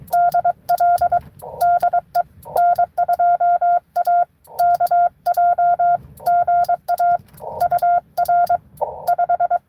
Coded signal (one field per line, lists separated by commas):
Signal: Morse code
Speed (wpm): 22 wpm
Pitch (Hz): 700 Hz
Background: none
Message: DL DE N2AKJ GA UR 5